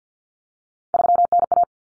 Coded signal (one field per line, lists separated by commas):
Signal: Morse code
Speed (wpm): 50 wpm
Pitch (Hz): 700 Hz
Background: none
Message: 3NA